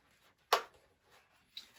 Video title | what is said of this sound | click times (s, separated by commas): HOW TO - LS2 CHALLENGER CARBON CHEEK PADS & LINER REMOVAL AND INSTALLATION | And again, you heard that button snap right there in the front. | 0.5 s